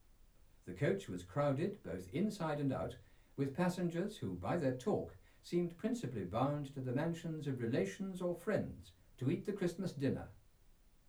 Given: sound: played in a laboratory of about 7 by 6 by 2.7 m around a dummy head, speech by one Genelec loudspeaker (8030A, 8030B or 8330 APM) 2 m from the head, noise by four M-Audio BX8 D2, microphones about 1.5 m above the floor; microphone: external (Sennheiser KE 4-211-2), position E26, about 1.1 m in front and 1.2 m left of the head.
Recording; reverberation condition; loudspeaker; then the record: male speech in English; low; 150 degrees to the right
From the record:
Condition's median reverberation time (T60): about 310 ms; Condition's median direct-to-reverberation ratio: about 3.5 dB